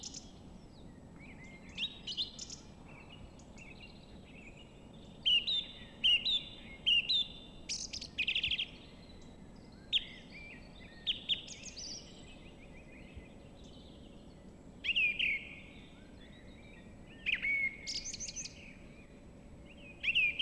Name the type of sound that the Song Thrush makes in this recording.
song